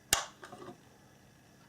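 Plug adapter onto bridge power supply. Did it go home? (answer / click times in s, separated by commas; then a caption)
yes / 0.1 s. A UK plug adapter is slid onto the plastic power supply of a Philips Hue bridge and seats with a sharp, loud click at 0.1 s. Softer rattling handling sounds follow from about 0.4 to 0.7 s, then the clip goes quiet.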